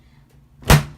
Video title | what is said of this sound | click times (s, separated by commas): Best Choice Portable Washing Machine! | Press this down, make sure it clicks. | 0.7 s